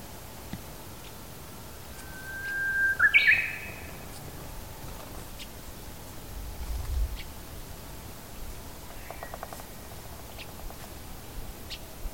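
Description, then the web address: Japanese bush warbler song: a long level whistle that breaks into a quick rising flourish, followed later by faint chirps and a short buzzy rattle over low background noise. Recorded on 23 March 2019. "shonin uguisu"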